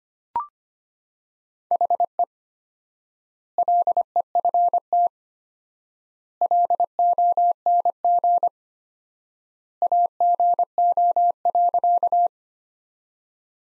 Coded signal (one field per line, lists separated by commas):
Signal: Morse code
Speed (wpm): 25 wpm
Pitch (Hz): 700 Hz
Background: none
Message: HE LEFT LONG AGO.